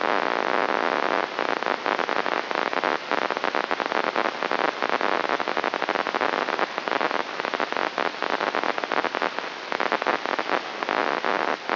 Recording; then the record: brain microelectrode recording played as sound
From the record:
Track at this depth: outside the subthalamic nucleus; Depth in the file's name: 0.714 mm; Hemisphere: left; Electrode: 3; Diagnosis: Parkinson's disease